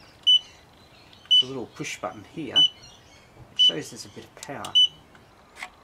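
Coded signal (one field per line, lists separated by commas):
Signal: none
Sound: bike lock electronic beeps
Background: speech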